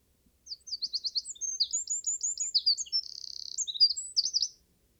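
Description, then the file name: Eurasian wren delivering one complete song of piercing, quick notes with a buzzy, even trill in its second half, ending abruptly after about four seconds. "Troglodytes troglodytes"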